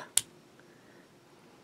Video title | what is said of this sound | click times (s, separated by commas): Yookers Felt Tip Fountain Pens | it has a nice click cap are you hear that nice click BAM | 0.2 s